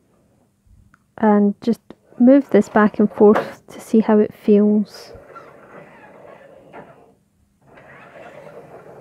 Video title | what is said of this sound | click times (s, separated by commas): Knitmaster / Silver Reed SRP60N Ribber setup | it in for it to click into place, | 0.9 s